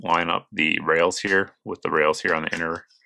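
A pistol slide is being lined up with the rails on the frame while someone talks throughout the clip. Nothing has seated or clicked yet; the slide is still being handled and is not yet home.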